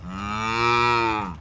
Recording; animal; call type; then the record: contact call of a hoofed animal; cattle; low-frequency (closed-mouth) or high-frequency (open-mouth) call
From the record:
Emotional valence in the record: negative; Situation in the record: full separation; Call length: 1.41 s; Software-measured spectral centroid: 2200 Hz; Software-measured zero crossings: 2200 a second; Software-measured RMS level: -23 dBFS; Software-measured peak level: -7 dBFS